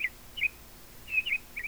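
Bird calls: a few short high chirps scattered across under two seconds over quiet background hiss.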